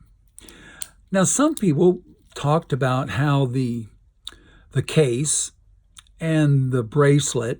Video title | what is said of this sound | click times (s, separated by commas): TIsell Watch that looks like the Rolex Hulk | it works great, and just pops right in and out. | 0.4 s, 0.8 s